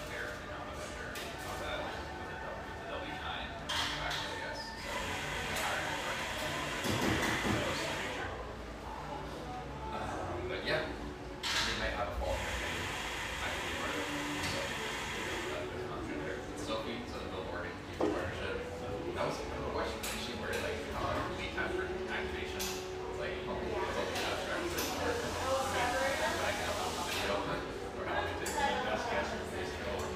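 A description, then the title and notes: Busy café murmur of overlapping voices and clinking dishes, with loud hissing bursts around 7, 12 and 26 seconds over a low rumble. Sausalito, California. Bubbly surf-shack-meets-espresso-bar in one of sunny Marin's best towns.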